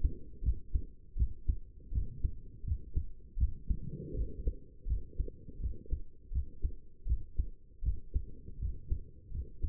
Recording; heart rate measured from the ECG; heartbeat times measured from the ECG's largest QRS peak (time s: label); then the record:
heart sounds by stethoscope; 81 bpm
0.43 s: heartbeat
1.16 s: heartbeat
1.92 s: heartbeat
2.64 s: heartbeat
3.37 s: heartbeat
4.14 s: heartbeat
4.87 s: heartbeat
5.60 s: heartbeat
6.32 s: heartbeat
7.06 s: heartbeat
7.83 s: heartbeat
8.59 s: heartbeat
9.31 s: heartbeat
From the record:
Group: healthy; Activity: rest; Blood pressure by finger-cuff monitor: 113/77 mmHg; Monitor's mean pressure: 83 mmHg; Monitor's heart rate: 82 bpm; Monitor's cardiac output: 6 L/min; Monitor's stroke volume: 73 mL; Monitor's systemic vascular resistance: 1020 dyn s/cm5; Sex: male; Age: 21 years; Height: 170 cm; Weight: 71 kg